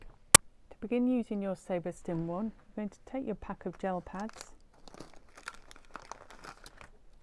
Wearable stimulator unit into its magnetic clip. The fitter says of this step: we'll then just magnetically clip back on again until you hear a click